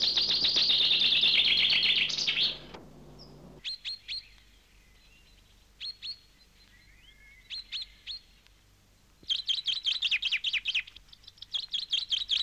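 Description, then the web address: Bird song: a loud, rapid trill for over two seconds, then sparse sharp high chirps, ending in a fast run of repeated chirps. "audio animali uccelli 03 uccelli birds 08"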